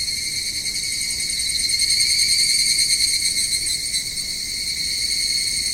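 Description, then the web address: Evening cicada calling in a steady, high metallic drone with fine rapid pulsing, swelling slightly in the middle, no other sounds. "sikioto insect higurashi"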